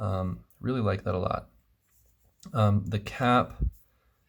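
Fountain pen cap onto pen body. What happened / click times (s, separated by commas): Handled, not yet home: no seating click is heard before the clip ends / none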